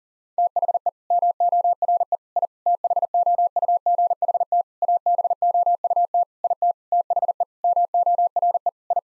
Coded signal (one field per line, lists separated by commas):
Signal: Morse code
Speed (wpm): 40 wpm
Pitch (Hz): 700 Hz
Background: none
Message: THE MORE I THOUGHT ABOUT IT THE MORE I